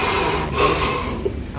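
A loud, rough, harsh rasping snore from a sleeping adult man, sounding like a machine, fading after about a second.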